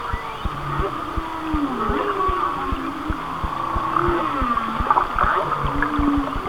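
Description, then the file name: Whale moans gliding up and down, with steady clicking pulses and a constant hum. "Whale Songs- Mike Mc Donald"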